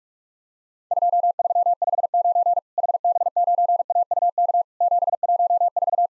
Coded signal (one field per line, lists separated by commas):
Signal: Morse code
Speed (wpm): 46 wpm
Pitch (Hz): 700 Hz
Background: none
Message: 2359 HB9AUK 714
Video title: Worked All Europe DX Contest QTC Exchange with Repeats 45wpm